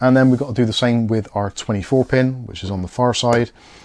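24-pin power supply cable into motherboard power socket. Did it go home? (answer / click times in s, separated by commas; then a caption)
no / none. A 24-pin ATX power cable from the power supply is being handled toward the motherboard power socket on the far side of the board while someone talks throughout. The clip ends before the connector goes in, so nothing has seated or clicked yet.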